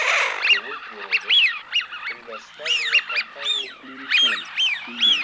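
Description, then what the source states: Eurasian wigeon flock calling, with clear arched whistles repeated throughout, mixed with low, harsh growling notes from several birds. Meant for use as a hunting lure.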